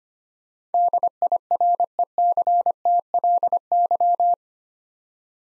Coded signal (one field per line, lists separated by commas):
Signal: Morse code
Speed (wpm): 25 wpm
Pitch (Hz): 700 Hz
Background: none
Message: DIRECTLY